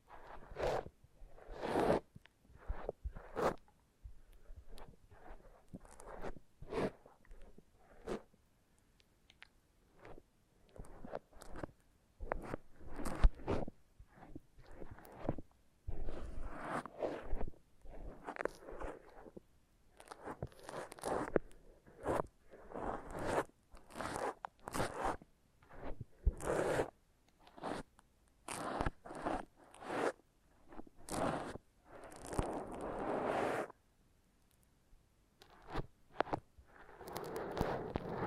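A foam massage: quick, irregular squeaky rubbing and scraping strokes, dense and bright, continuing without pause across the whole clip with brief gaps.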